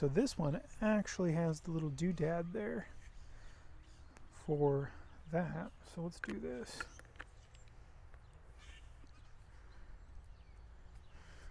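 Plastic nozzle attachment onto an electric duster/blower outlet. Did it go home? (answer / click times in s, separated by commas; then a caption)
no / none. Someone talks while pushing a small plastic attachment onto the outlet nozzle of a DataVac Computer Cleaner electric duster/blower, followed by a few faint handling taps around 4.2 s and between 7.0 and 8.1 s over quiet background noise. Nothing has clicked into place yet, though the attachment looks like a good fit.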